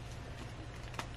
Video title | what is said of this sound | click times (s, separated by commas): FINALLY UNBOXING MY 3DR RAINBOW HIGH SERIES 4 LILA YAMAMOTO DOLL / WAS SHE WORTH THE WAIT??? | There we go. It clicked right on in. | 1.0 s